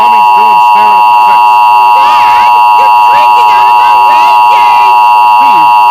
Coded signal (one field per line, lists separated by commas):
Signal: Emergency Alert System (SAME) tones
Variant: 853 and 960 Hz attention tone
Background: speech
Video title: EAS Mock - Moore gets decimated